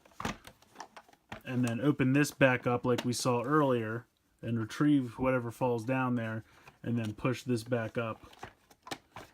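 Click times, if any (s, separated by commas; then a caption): 8.9 s. Someone talks while opening the plastic trap-door panel on the deck of a Disney Pixar Incredibles 2 Junior Supers Hydroliner toy boat playset, then pushes it back up. The panel snaps shut and clicks into place at 8.9 s.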